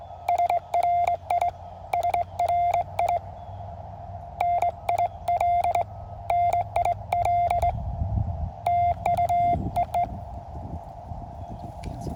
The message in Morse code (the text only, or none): SRI SRI NIL NIL TU EE